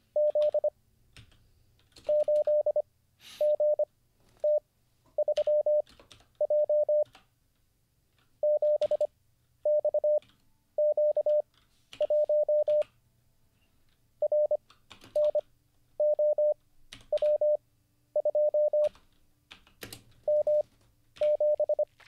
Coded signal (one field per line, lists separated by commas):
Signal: Morse code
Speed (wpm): 25 wpm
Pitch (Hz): 600 Hz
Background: none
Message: Z 8 G T 3 J 7 X Q 1 R N O W 2 M 7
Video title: How to Learn Morse Code (Day 36) [Livestream]